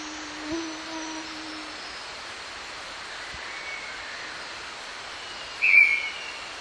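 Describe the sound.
Green-backed robin: a low, steady whistled tone at the start, then a single brief, high, downslurred whistle near the end, over constant background hiss.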